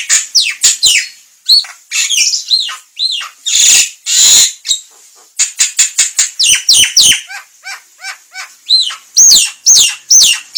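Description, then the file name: Javan myna giving a rapid stream of varied whistled and squeaky notes, many sharply rising or falling, in dense bursts with brief pauses between. Javan myna, locally jalak kebo, described as talking. "jalak kebo ngomong"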